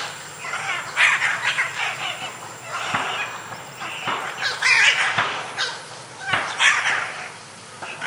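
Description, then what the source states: Scarlet Macaw murmured raspy calls, irregular gravelly bursts in near-continuous succession, interspersed with faint clicks. Soft voices birds use to tell each other small things in the afternoon when arriving at roosting trees or, in the breeding season, at nest holes.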